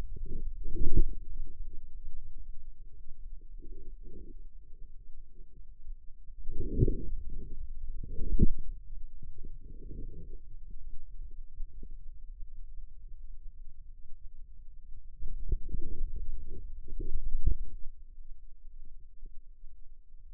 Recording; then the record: forearm muscle sounds (acoustic myography)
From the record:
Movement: outward rotation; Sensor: system 2, bracelet of six BSWA MPA416 microphones around the upper forearm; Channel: 5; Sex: male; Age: 22 years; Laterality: right